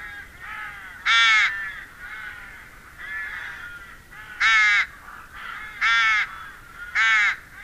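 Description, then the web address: Rook calls: four loud, grating caws at irregular spacing, with quieter caws filling the gaps. "Madardalok Cd 2 Vetési varjú"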